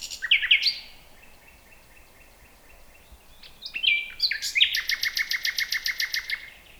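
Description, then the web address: Common nightingale song: sharp whistled notes, a long thin sustained whistle, then a rapid rhythmic rattling trill of repeated buzzy pulses. "nachtegaal luscinia megarhynchos"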